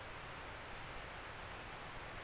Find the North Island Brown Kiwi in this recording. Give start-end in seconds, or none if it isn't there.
none